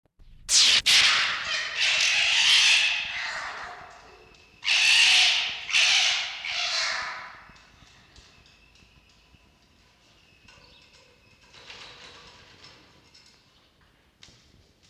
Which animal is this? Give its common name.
Red Fox